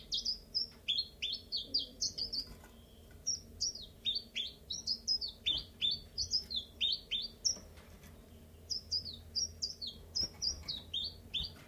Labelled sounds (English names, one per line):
Common Chiffchaff